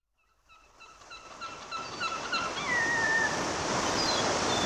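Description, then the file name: Gull calling: a rapid series of short, nasal yelps, then a long, drawn-out falling cry, as the roar of breaking waves swells and fills the background. Seagulls calling at the seaside with breaking waves. "Spectacular Sound Effects - The Seaside Waves Breaking with Seagulls"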